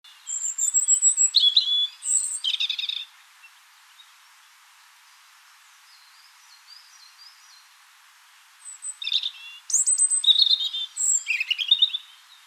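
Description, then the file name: European robin singing two varied phrases of high whistles, sharp chirps and twittering trills, separated by a pause of about six seconds of near silence. "Erithacus rubecula"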